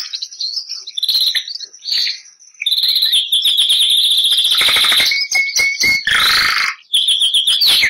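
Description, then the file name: Canary (Bernois): canary song with chattering phrases leading into a long, steady, even trill, then harsh buzzy bursts and further rapid notes. Bernois canary breed. "canto do canario bernois"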